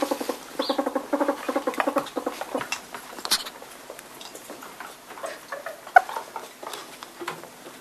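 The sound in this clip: European polecat: a loud, rapid string of pulsed clucking for a couple of seconds, then softer scattered clicks and short chatters.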